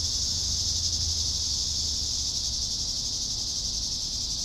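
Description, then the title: Steady high cicada buzz, a dense continuous drone, with a low background rumble underneath. "neoscenes: cicadas"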